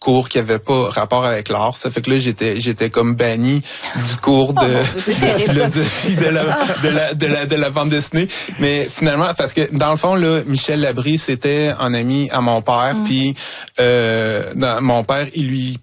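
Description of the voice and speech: An adult man speaks French at a quick conversational pace, with repeated syllables and words ("de... de la, de la, de la"), a stretched vowel and brief hesitant pauses between otherwise fluent runs. These repetitions and prolongations are typical of developmental stuttering.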